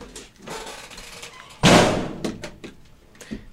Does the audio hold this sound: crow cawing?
no